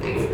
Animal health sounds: contact call of a hoofed animal; pig; closed-mouth grunt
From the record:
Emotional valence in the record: positive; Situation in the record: food and toys in familiar pen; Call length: 0.34 s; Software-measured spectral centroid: 2150 Hz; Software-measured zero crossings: 1440 a second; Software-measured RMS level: -24 dBFS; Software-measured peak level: -13 dBFS

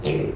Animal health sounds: contact call of a hoofed animal; pig; closed-mouth grunt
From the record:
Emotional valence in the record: negative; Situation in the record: short social isolation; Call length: 0.37 s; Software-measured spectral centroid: 1680 Hz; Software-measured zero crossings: 1070 a second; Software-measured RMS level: -24 dBFS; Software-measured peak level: -13 dBFS

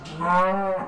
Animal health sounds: contact call of a hoofed animal; cattle; low-frequency (closed-mouth) or high-frequency (open-mouth) call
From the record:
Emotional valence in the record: negative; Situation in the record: physical separation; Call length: 0.88 s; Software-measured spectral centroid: 1470 Hz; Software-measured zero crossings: 1730 a second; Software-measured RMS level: -23 dBFS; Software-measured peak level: -12 dBFS

